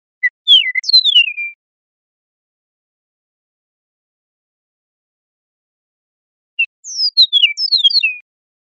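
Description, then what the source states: Eastern meadowlark singing two sweet, slurred, descending whistled phrases, each about a second and a half long, separated by roughly five seconds of silence. Recorded in Costa Rica.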